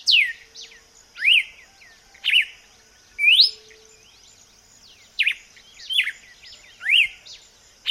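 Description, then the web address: Red-cowled cardinal with ringing whistled notes, rising or dropping in pitch, spaced about a second apart, over a continuous high background hum. "vocs paroaria dominicana"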